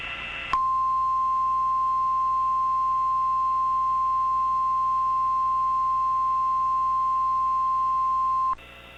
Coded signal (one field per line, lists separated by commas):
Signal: Emergency Alert System (SAME) tones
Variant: 1050 Hz attention tone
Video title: EAS Mock // Vermillion //